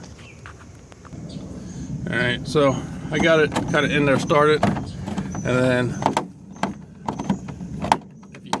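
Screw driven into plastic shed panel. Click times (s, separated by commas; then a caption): 6.2 s, 6.6 s, 7.1 s, 7.3 s, 7.9 s, 8.5 s. Someone talks while driving a started screw into a plastic Suncast shed panel with a small tool. Sharp repeated clicks from the screwdriver's clutch sound at 6.2, 6.6, 7.1, 7.3, 7.9 and 8.5 seconds as the screw is driven home.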